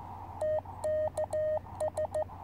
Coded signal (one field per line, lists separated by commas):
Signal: Morse code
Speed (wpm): 14 wpm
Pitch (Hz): 620 Hz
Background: none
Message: TKS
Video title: Sunny Afternoon QRP Radio on 30m With 2W & 17ft Antenna.